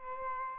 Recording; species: mosquito wingbeat signal from an infrared sensor; Aedes albopictus